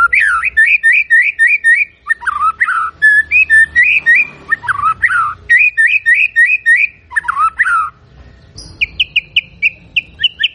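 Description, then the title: White-rumped shama delivering rapid rhythmic whistled trills, several falling slurred phrases, then a series of higher short notes after a brief pause. Energetic singing shama recording used as a lure to provoke a response. "PANCINGAN MURAI BATU GACOR"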